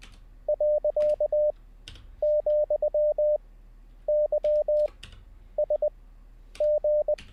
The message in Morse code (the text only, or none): .,YSG